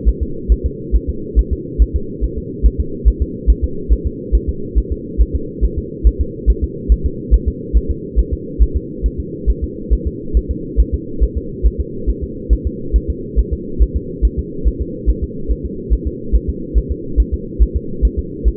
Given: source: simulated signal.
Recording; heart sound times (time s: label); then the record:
fetal heart sounds
0.09 s: S1
0.23 s: S2
0.52 s: S1
0.66 s: S2
0.95 s: S1
1.09 s: S2
1.39 s: S1
1.53 s: S2
1.82 s: S1
1.96 s: S2
2.24 s: S1
2.38 s: S2
2.66 s: S1
2.80 s: S2
3.08 s: S1
3.22 s: S2
3.50 s: S1
3.64 s: S2
3.93 s: S1
4.07 s: S2
4.35 s: S1
4.49 s: S2
4.78 s: S1
4.92 s: S2
5.22 s: S1
5.36 s: S2
5.65 s: S1
5.79 s: S2
6.07 s: S1
6.21 s: S2
6.50 s: S1
6.64 s: S2
6.92 s: S1
7.06 s: S2
7.34 s: S1
7.48 s: S2
7.77 s: S1
7.91 s: S2
8.19 s: S1
8.33 s: S2
8.62 s: S1
8.76 s: S2
9.06 s: S1
9.20 s: S2
9.50 s: S1
9.64 s: S2
9.93 s: S1
10.07 s: S2
10.37 s: S1
10.51 s: S2
10.80 s: S1
10.94 s: S2
11.23 s: S1
11.37 s: S2
11.67 s: S1
11.80 s: S2
12.09 s: S1
12.23 s: S2
12.53 s: S1
12.67 s: S2
12.96 s: S1
13.10 s: S2
13.39 s: S1
13.53 s: S2
13.82 s: S1
13.96 s: S2
14.25 s: S1
14.39 s: S2
14.67 s: S1
14.81 s: S2
15.10 s: S1
15.24 s: S2
15.52 s: S1
15.66 s: S2
15.93 s: S1
16.07 s: S2
16.35 s: S1
16.49 s: S2
16.78 s: S1
16.92 s: S2
17.20 s: S1
17.34 s: S2
17.62 s: S1
17.76 s: S2
18.05 s: S1
18.19 s: S2
18.48 s: S1
From the record:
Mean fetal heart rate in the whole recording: 140 bpm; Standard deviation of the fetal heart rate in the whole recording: 2 bpm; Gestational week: 34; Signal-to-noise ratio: -4.3 dB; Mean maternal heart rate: 72 bpm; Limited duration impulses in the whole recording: absent